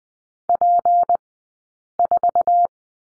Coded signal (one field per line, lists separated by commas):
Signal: Morse code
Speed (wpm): 20 wpm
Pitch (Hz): 700 Hz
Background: none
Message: P4